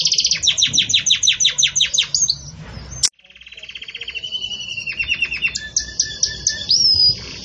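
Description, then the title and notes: Belgian canary song of rapid repeated descending notes, a sharp click and brief silence, then a soft rising trill and whistled slurs. Pure "campainha" (bell) song style with pauses, for training. "Canto Canário Belga Campainha Puro Com Pausa Para Treinamento. CANARIO BELGA"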